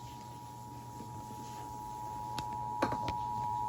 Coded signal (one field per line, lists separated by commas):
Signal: Emergency Alert System (SAME) tones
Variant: 853 and 960 Hz attention tone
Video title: EAS 763: LUB SVR